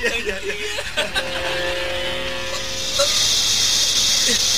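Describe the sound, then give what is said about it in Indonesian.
Many yellow venomous snakes hiss in a steady, loud, airy rush that swells and fills the second half, after a stretch of murmuring, chuckling vocal sounds and a low rumble. “Ular kuning banyak sekali. Emas itu berubah jadi ular.”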